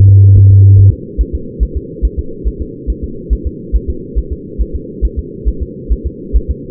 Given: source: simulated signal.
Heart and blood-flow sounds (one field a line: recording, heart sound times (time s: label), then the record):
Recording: fetal heart sounds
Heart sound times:
0.09 s: S2
0.37 s: S1
0.51 s: S2
0.79 s: S1
0.93 s: S2
1.21 s: S1
1.35 s: S2
1.63 s: S1
1.77 s: S2
2.05 s: S1
2.19 s: S2
2.48 s: S1
2.62 s: S2
2.90 s: S1
3.04 s: S2
3.33 s: S1
3.47 s: S2
3.76 s: S1
3.90 s: S2
4.19 s: S1
4.33 s: S2
4.62 s: S1
4.76 s: S2
5.05 s: S1
5.19 s: S2
5.48 s: S1
5.63 s: S2
5.92 s: S1
6.06 s: S2
6.37 s: S1
6.51 s: S2
From the record:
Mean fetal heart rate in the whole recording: 140 bpm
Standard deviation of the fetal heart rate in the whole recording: 2 bpm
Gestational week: 34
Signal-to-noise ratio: -4.3 dB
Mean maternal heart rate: 72 bpm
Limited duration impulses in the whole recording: present